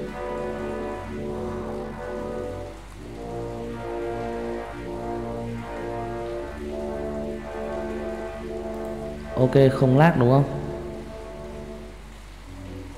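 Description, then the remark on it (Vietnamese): Heavy rain pours outside in a steady, dense hiss throughout, with a low hum underneath, and a man's voice briefly speaks over it near the end. “Hôm nay cái mạng nhà anh nó trời nó mưa, ngoài trời nó đang mưa dữ dội luôn.”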